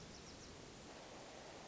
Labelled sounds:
Hermit Thrush (Catharus guttatus)
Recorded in Sonoma County, California

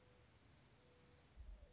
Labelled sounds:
Mourning Dove (Zenaida macroura)
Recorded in Sonoma County, California

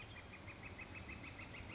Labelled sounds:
Northern Flicker (Colaptes auratus)
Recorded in Sonoma County, California

